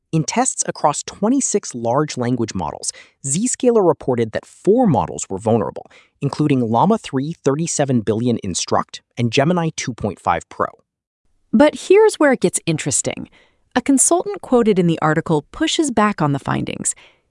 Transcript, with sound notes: In tests across 26 large language models, Zscaler reported that four models were vulnerable, including Llama 3 3 70 billion instruct and Gemini 2.5 Pro.
[thoughtful] But here’s where it gets interesting. A consultant quoted in the article pushes back on the findings.